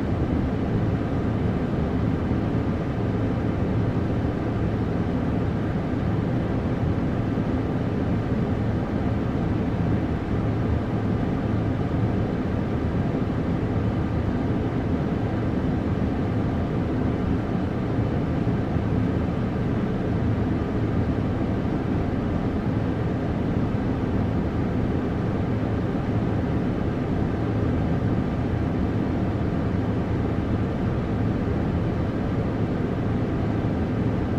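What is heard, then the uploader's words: White noise plays as a steady, dense hiss weighted toward the low end, giving it a deep rumbling quality like the hum inside a plane or ship cabin. The level holds perfectly even throughout, with no separate events or changes. Sleep Sound For Baby White Noise.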